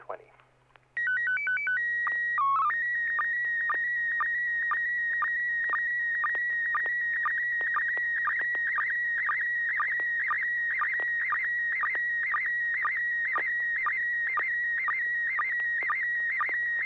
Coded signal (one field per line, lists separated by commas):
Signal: SSTV (slow-scan television)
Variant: PD 120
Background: speech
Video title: N6NA SSTV Net - 03/22/2023